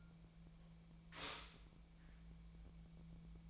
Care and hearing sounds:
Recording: daily activity, microphone in the room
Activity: stop toaster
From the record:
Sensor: 1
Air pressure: 1000.3 hPa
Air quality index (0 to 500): 160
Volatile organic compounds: 3 ppm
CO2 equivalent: 1492 ppm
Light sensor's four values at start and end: 28/69/29/35 and 28/70/29/35

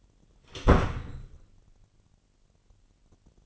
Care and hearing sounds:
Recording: daily activity, microphone in the room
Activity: close door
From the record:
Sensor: 4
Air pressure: 999.3 hPa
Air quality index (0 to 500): 117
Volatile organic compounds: 2 ppm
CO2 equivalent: 1151 ppm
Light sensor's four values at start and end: 13/32/13/14 and 13/31/12/14

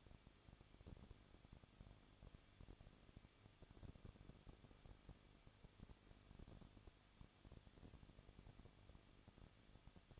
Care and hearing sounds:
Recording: daily activity, microphone in the room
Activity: no activity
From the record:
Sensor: 4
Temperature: 23.1 degrees Celsius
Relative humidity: 34.1%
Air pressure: 1007.2 hPa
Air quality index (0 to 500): 215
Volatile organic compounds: 15 ppm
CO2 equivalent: 2484 ppm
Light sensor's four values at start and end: 2/3/1/1 and 2/3/1/1

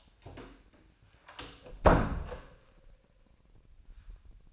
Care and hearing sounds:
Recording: daily activity, microphone in the room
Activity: close door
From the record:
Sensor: 2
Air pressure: 1009.1 hPa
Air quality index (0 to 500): 191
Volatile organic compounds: 3 ppm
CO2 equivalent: 1387 ppm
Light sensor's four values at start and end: 29/78/33/34 and 29/77/32/34

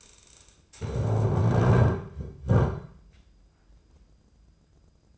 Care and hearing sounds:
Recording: daily activity, microphone in the room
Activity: stand up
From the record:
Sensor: 2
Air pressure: 995.8 hPa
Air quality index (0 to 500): 241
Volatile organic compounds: 1000 ppm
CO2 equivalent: 5928 ppm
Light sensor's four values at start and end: 28/68/30/33 and 25/60/26/30

